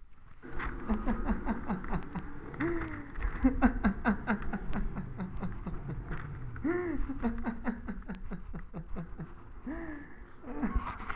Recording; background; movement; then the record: laughter; traffic; walking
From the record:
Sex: male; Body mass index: 21.0 kg/m2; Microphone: on the chest, facing the body